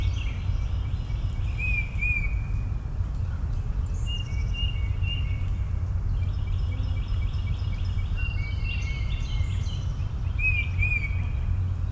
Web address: Suburban park morning bird chorus. boom library Urban and Suburban